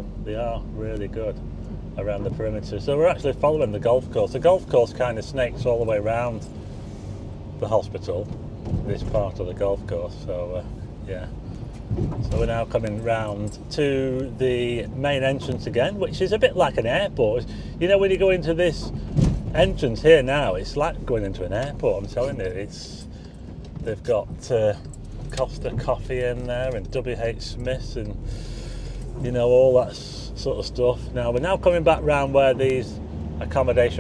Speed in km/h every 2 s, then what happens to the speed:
26, 24, 24, 24, 29, 32, 31, 31, 29, 26, 29, 23, 23, 15, 13, 16, 16.
0-6 steady at about 24. 6-9 speeds up to 32. 9-14 steady at about 31. 14-28 slows to 13.